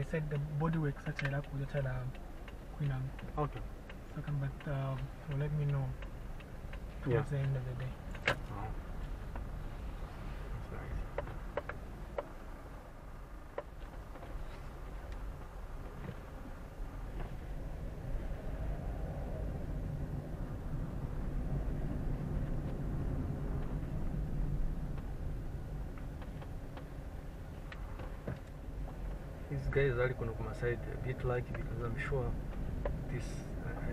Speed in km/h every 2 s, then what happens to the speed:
4, 5, 5, 6, 8, 8, 5, 7, 9, 14, 19, 20, 12, 9, 9, 13, 16.
0-15 steady at about 5. 15-21 speeds up to 20. 21-26 slows to 9. 26-34 speeds up to 16.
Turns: none.